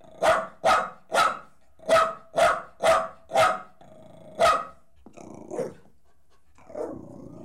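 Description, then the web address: Dog barking, eight loud sharp barks in an uneven series, followed by a softer bark and a low grumble. "The BBC Sound Effects Library - Complete 60 CDs Collection Sound Effects Library-38 (Horses # 2 and Dogs)"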